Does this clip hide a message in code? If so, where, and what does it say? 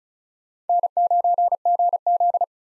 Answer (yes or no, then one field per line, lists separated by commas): yes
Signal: Morse code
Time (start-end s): 0.7-2.4 s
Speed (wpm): 36 wpm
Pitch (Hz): 700 Hz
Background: none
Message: N9GZ